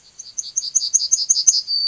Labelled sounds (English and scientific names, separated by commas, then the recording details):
Yellowhammer (Emberiza citrinella) song
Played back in forest
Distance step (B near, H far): B
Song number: 133